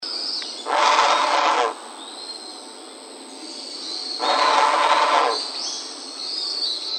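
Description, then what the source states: Great egret calling with two long, coarse croaks a few seconds apart. Recorded 19 November 2018.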